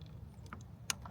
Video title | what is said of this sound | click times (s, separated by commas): Porsche Panamera 4s 2.9L v6 biturbo 2018 -Mark Changes his Spark Plugs | oh did you hear it you hear the snap | 0.9 s